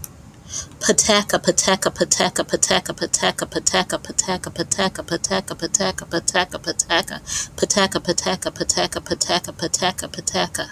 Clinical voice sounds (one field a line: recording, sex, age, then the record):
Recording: repeated syllables /pa ta ka/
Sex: female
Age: 40 to 49 years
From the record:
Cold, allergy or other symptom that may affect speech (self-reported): no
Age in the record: 42 years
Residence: Georgia, United States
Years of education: 16